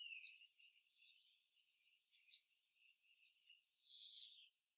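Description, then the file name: European robin producing sharp high ticks, a single, a double, then another single, spaced about two seconds apart, with little else audible. "Erithacus rubecula"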